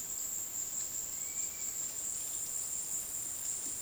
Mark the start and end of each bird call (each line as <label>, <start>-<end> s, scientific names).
Myiarchus tuberculifer, 1.05-1.88 s